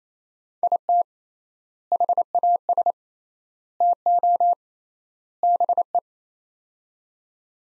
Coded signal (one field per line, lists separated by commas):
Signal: Morse code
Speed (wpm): 28 wpm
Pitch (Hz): 700 Hz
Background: none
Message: IT HAS TO BE